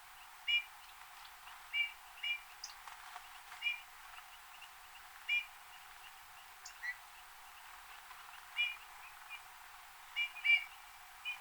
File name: Pyrrhula pyrrhula